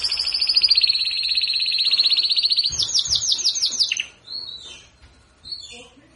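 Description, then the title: Belgian canary opening with a long fast trill, then a run of separate notes, ending in a few softer chirps. Belgian canary, galador song type, warming up. "Canario Belga. Canário Galador Esquenta"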